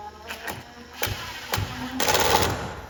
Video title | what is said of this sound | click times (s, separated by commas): Clock Assembly | Now you can hear that clicking. | 0.3 s, 1.0 s, 1.5 s, 2.0 s